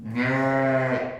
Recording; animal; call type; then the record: contact call of a hoofed animal; sheep; low-frequency (closed-mouth) or high-frequency (open-mouth) call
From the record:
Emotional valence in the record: negative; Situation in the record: short social isolation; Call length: 1.20 s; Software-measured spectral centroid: 1450 Hz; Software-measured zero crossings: 1550 a second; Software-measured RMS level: -24 dBFS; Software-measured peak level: -10 dBFS